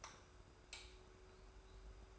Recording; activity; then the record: daily activity, microphone in the room; light off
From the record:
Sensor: 2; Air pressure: 990.9 hPa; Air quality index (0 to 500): 121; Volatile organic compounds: 85 ppm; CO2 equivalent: 3649 ppm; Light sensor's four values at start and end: 30/78/31/31 and 25/60/24/24